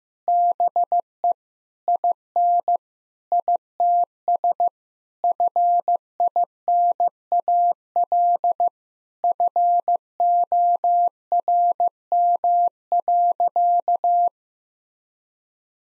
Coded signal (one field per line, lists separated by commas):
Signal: Morse code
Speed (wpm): 15 wpm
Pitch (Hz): 700 Hz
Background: none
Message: BE IN ITS FINAL FORM.